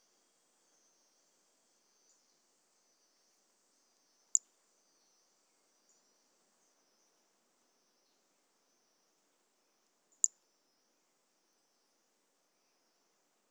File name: Brachycephalus mirissimus 18 jan 2018 individual 04 ex 03 A E Confetti collected